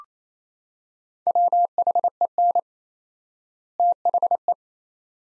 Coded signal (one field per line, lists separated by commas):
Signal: Morse code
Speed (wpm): 28 wpm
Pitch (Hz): 700 Hz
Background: none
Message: WHEN THE